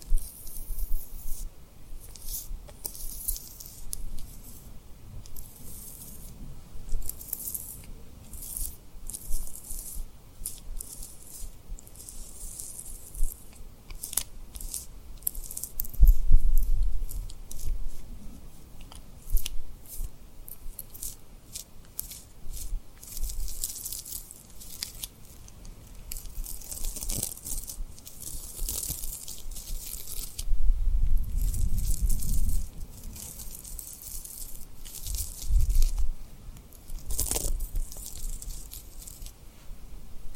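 Tapping and rubbing on rhinestones, a dense run of fine, crisp crackles and scratchy strokes that keeps going with little pause. Brighter bursts come every second or so, and soft low thumps stand out near 16 seconds and again around 31 to 37 seconds.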